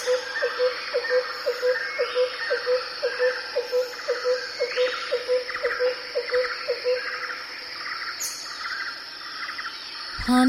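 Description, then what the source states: Birdsong chorus with a regular low piping beat near two per second, layered chattering calls and a brief rising whistle, all over a droning insect background. Birds recorded in a jungle.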